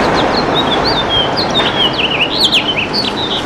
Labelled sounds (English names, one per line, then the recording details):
House Finch song
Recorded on Long Island, New York, on 28 June 2012
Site SB
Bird A